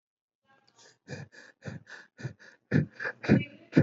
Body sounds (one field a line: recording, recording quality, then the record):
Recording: deep breathing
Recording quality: excellent, no background noise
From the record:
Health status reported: COVID-19 positive, mild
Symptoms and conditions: none ticked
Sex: female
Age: 24 years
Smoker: not ticked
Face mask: not worn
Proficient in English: yes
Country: India